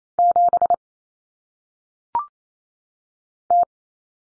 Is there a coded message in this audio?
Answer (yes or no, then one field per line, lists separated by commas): yes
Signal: Morse code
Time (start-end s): 0.2-3.6 s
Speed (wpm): 28 wpm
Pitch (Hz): 700 Hz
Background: none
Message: 7 T